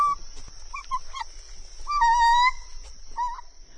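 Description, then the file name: Common loon calls: short whistled notes at one pitch, then a longer steady wavering note and a final short pair, over a constant high hiss. "susan loons"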